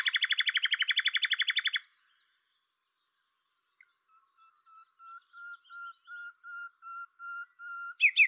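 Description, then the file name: Common nightingale song: a fast rattling buzzy trill, a pause, then a series of pure whistled notes repeated steadily, ending with sharp chirps. "Luscinia megarhynchos"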